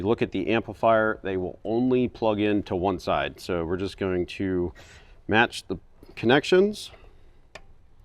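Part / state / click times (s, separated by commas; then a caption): wiring harness connector into car amplifier / not seated / none. A black plastic wiring harness connector is being handled at the input/output socket of an Alpine plug-and-play 4-channel amplifier for a 2014–2021 Toyota Tundra while someone talks. A brief faint tick is heard near 7.6 s, but nothing has seated or clicked yet.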